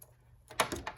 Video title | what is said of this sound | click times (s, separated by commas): Thermocore Minisplit Cleaning SD 480p | Just makes a little clicking sound when you've got it in. | 0.6 s